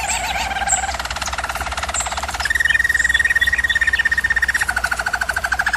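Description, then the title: German Roller canary producing fast pulsed rolls, shifting to a higher smooth tour midway and back lower near the end, continuous and rhythmic. German Roller canary singing, for canary training. "German Roller Canary Singing - Canary Training Vid"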